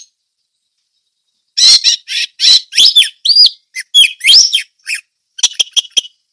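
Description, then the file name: Orange-headed thrush song: after a silent start, a rapid run of rich, varied whistled and scratchy phrases, ending in quick high chipping notes; no other sounds. Indonesian name anis merah; song style described as ngeplong teler. "suara anis merah ngeplong teler"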